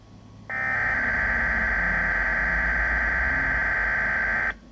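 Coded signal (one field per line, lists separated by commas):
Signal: Emergency Alert System (SAME) tones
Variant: header bursts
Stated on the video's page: Environment Canada Winter Storm Warning tones from weather radio station XLF332 Saskatoon on 162.550 MHz VHF, received on a Midland WR120EZ.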